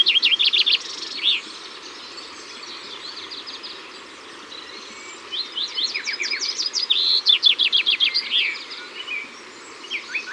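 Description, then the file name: Common chaffinch song: a short burst of bright notes at the start, then after a pause a longer phrase of quick notes ending in a flourish, and a brief phrase at the end. In the Ardèche. "Pinson-Des-Arbres-Concerts-Naturels-De-l Ardeche"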